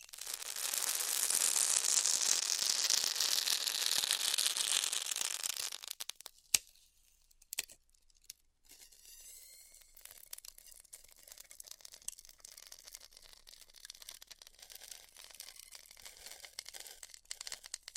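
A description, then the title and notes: Styrofoam being heat cut, starting with about six seconds of dense, bright hissing and crackling that fades toward the end. Sharp clicks follow near six and a half and seven and a half seconds, then a quieter stretch of faint, irregular crackling and ticking to the end. ASMR Styrofoam Heat Cutting (No Talking).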